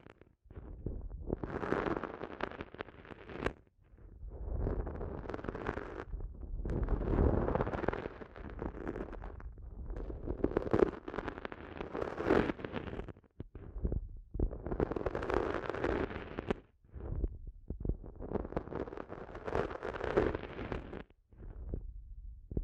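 Ear massage sounds: dense, crackling rubbing and scratching come in long rumbling bursts, broken by brief silences near 4, 13, 17 and 21 seconds.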